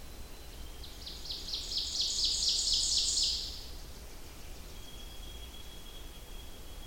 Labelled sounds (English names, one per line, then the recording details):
Ovenbird song
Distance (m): 25 m
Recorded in boreal forest in Alberta, Canada, on 21 June 2016 at 06:33
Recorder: SongMeter 3, array SBT-6-81
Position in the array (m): 15 m, 84 m
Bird 24